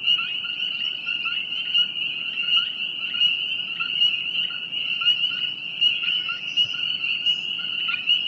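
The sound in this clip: Frogs calling together in a continuous shrill drone that pulses unevenly, with brief chirps now and then.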